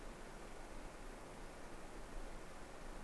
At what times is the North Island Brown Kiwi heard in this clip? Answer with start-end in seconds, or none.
none